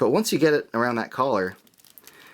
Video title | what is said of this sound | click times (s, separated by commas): Doctor Who 11TH DOCTOR The Time of the Doctor figure review | it actually pops into place pretty easily. | 2.0 s